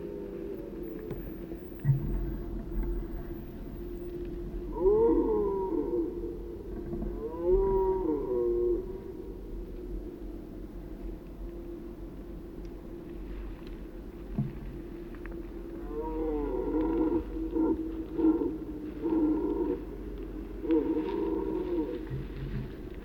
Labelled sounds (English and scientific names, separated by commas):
Red Deer (Cervus elaphus) call